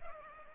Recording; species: mosquito wingbeat signal from an infrared sensor; Culex pipiens